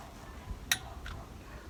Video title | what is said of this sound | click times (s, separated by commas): Fearless Fix: Needed Maintenance on 94 Ford F53 | so we hear that little click | 0.7 s